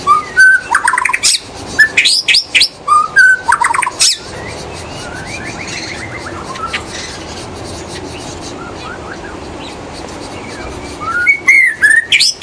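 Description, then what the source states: White-rumped shama song, bursts of whistled and chattering notes at start and end, with a long quieter stretch of faint chirps in between. In the forest.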